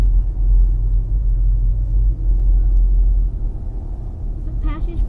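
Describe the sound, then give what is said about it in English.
A truck rumbles by with a loud, deep engine drone that holds steady for several seconds, and a brief voice surfaces near the end. “That's a cool truck.”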